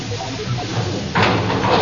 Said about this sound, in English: Prepare for link-up. We have link-up. Open door. Door open.